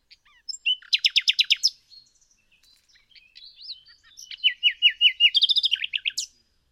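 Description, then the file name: Common nightingale song: a rapid burst of repeated sharp notes, scattered soft whistles and trills, then a second fast rattling series ending in a high upslurred note. "Luscinia megarhynchos"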